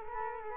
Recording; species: mosquito wingbeat signal from an infrared sensor; Culex quinquefasciatus